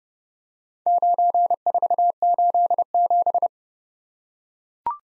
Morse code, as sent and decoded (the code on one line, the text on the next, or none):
----. ....- ---.. --...
9487